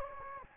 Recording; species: mosquito wingbeat signal from an infrared sensor; Anopheles gambiae